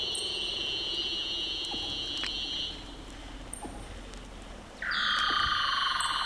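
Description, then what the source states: Weddell seal underwater calls: long, steady, eerie whistled tones, a high held note breaking off, then a lower tone coming in after a lull, with faint clicks. Haunting calls likened to electronic music, recorded underwater with hydrophones at Big Razorback Island, McMurdo Sound, Antarctica; Weddell seals only, without leopard seals or orcas.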